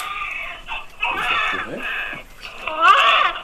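Simulated newborn cry from a high-fidelity newborn mannequin used for neonatal resuscitation training, with scenarios controlled by the instructor from a computer. The baby is doing well: it cries, breathes and has good colour. Intermittent crying bursts with harmonic wails.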